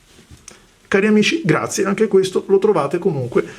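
A replacement nib unit is pushed with a little pressure into the front section of a Pilot IRO Utsushi fountain pen, fitting like an ordinary cartridge. One short, sharp tick is heard at 0.5 s as the nib unit seats home. Someone then talks.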